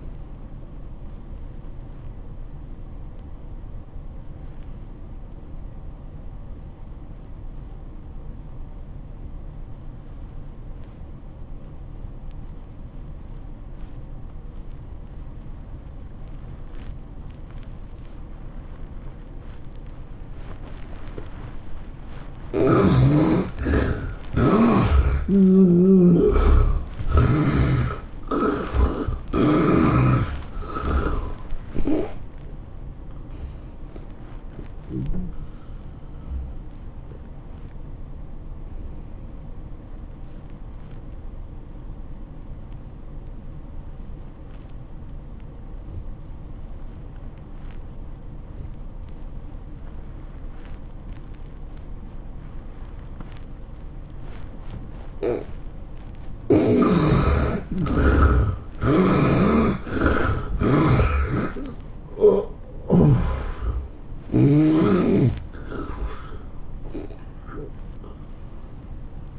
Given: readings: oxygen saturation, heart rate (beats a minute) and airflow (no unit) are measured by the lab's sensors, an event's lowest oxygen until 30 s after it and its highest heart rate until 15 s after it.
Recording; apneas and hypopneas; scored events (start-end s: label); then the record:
breathing in sleep by a smartphone at the bedside; 2
3.00-21.80 s: obstructive apnea (N1, oxygen 94% highest, then 71% lowest, heart rate 85 at the start, 110 highest)
42.00-56.40 s: obstructive apnea (N1, oxygen 97% highest, then 78% lowest, heart rate 92 at the start, 112 highest)
From the record:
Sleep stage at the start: N1 (lightest sleep); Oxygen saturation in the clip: 67 to 97%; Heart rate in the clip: 73 to 112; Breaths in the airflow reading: 12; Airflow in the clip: -19.0 to 11.8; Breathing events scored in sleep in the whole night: 403 in 5.5 hours asleep